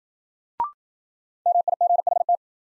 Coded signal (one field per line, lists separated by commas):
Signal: Morse code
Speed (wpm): 53 wpm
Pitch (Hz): 700 Hz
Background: none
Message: MIGHT